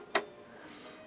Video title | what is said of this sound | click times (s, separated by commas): How to reset the automatic mechanism of an AT-LP60 turntable | you want to manually reset them this part here you just click it back into place you'll hear it click | 0.1 s